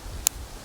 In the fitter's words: And again, with that snap of the clap,